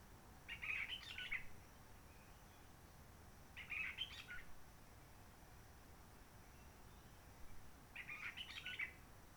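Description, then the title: Réunion bulbul song, three short warbled phrases spaced about three to four seconds apart over soft hiss. Roche Merveilleuse forest, Réunion; quiet since 19 March 2020 lockdown, no visitors, microlights or helicopters; sunny; birds not very active; sings simpler short phrases, adapted to past air-tourism noise. "Roche Merveilleuse, Réunion - Merle de lîle de la Réunion."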